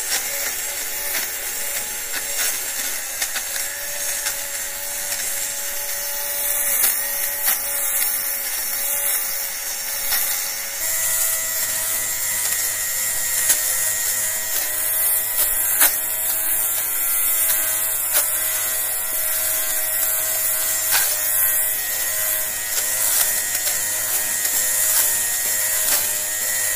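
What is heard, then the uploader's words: A fabric shaver buzzes steadily throughout, a dense bright whir with a low hum that deepens slightly after ten seconds, punctuated by faint clicks. ASMR: Fabric Shaving - No Talking, Fabric Sounds, White Noise. I needed to tidy some of my jumpers as they were pilling, so I thought to myself that my fabric shaver sound might make for some good ASMR white noise.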